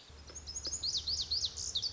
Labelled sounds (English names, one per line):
Lazuli Bunting